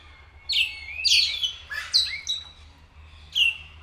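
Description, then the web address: Grey parrot giving a series of several clear, loud whistles, some rising or slurred. Captive bird at Nyíregyháza Zoo, 2019. "allathangok nyiregyhazizoo 2019 professzionalis jako papagaj hosszabban nyiregyhaza"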